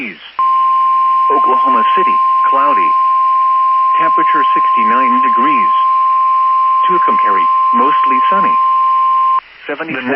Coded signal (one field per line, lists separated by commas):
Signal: Emergency Alert System (SAME) tones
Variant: 1050 Hz attention tone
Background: speech